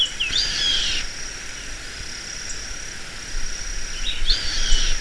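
Bird calls in two short bursts of high, twisting notes, one at the start and another near the end, separated by a stretch of steady hiss.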